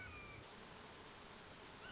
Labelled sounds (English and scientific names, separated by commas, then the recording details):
Red-shouldered Hawk (Buteo lineatus)
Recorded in Sonoma County, California